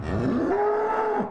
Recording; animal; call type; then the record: contact call of a hoofed animal; cattle; low-frequency (closed-mouth) or high-frequency (open-mouth) call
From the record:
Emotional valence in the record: negative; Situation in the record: full separation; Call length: 1.31 s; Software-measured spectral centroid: 1040 Hz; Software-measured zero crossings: 1080 a second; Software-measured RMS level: -24 dBFS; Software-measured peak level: -12 dBFS